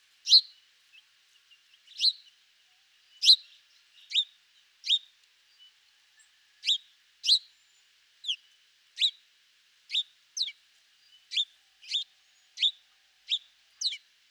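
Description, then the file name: House sparrow calling with a steady run of sharp chirps, roughly one or two a second, nothing else prominent. "Passer domesticus"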